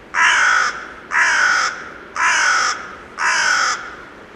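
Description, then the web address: Carrion crow calling four loud, grating caws at a steady pace of about one per second, each slightly falling in tone. "birdify. corvus corone"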